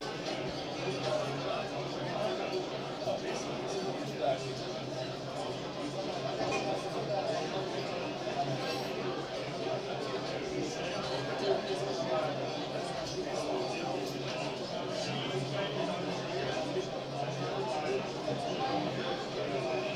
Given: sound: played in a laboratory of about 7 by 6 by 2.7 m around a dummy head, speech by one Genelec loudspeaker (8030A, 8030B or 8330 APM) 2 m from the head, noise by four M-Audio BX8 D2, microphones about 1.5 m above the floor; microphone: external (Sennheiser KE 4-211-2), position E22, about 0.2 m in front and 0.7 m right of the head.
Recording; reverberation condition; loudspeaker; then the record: cafeteria noise; low; four, about 170 cm from the corners of the room and facing them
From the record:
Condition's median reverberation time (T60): about 310 ms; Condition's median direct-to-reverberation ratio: about 3.5 dB